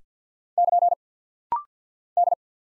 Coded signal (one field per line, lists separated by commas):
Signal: Morse code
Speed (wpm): 50 wpm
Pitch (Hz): 700 Hz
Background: none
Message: <KN> D